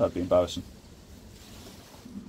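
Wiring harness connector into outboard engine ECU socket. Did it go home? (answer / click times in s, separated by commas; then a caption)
no / none. Someone talks briefly while handling the wiring harness plug at the socket of a new engine control unit on a Tohatsu outboard motor being upgraded from 15 HP to 20 HP. Then only a faint low rumble and soft breezy noise remain as the plug is lined up to be pushed back into the socket. Nothing has seated or clicked yet.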